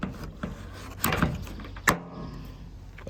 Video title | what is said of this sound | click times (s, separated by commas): New Nissan Interstar R35 L2 Dropside | now locked into place | 1.9 s